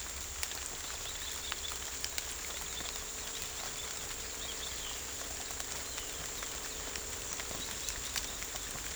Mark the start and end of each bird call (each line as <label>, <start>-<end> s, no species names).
bird call, 1.07-4.98 s